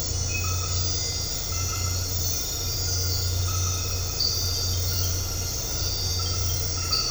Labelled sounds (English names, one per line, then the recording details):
none
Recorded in dense forest near Puerto Asís, Putumayo, Colombia, on 9 March 2025 at 23:30
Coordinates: 0.468, -76.322
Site GP01